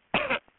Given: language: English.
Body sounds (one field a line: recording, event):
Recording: throat vibration sensor signal played as sound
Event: cough